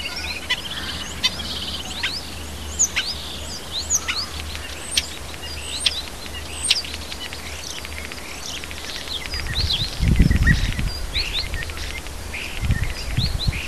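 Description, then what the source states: Birds: mixed bird chorus with frequent high chips and short trills. Heavy low rumbles of wind or handling noise break in near the end. Native birds in a hedge, recorded in March.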